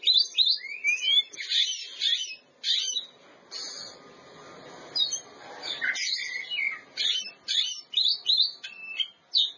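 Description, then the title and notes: Oriental magpie-robin song, sharp whistled and scratchy notes in bursts, with a softer noisy stretch midway. Champion bird. "Kicau Burung Kacer Juara. Suara Kicauan Burung Kacer Juara"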